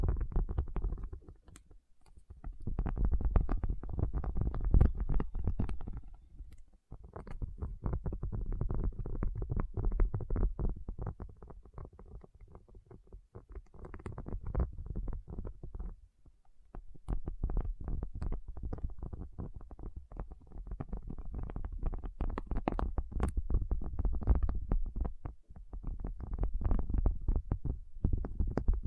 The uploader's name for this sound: Tapping Session (No Talking)